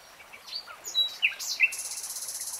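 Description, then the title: Nightingale song: scattered short whistled and buzzy notes, ending in a rapid high rattling trill, over faint background hiss. Nightingale singing, in real time. "[Tiếng chim hót] 3 Hours REALTIME Nightingale Singing"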